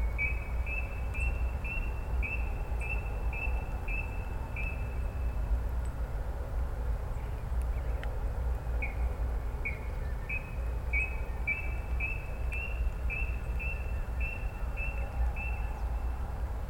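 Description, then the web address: Brown-cheeked rail call: two runs of short, even high notes repeated at a steady pace, separated by a pause, against a deep continuous rumble. "koe kuina"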